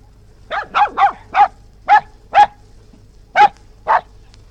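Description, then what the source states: West Highland white terrier giving short, sharp yapping barks, a quick cluster of four, then two more, a pause, and a final pair. Recorded outdoors; dog barking.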